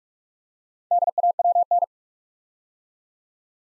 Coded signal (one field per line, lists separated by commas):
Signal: Morse code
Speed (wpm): 44 wpm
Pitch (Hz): 700 Hz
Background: none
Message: DAWN